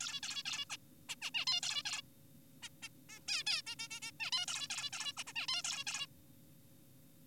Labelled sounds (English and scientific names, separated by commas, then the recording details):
Zebra Finch (Taeniopygia guttata)
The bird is an adult
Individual g4p5U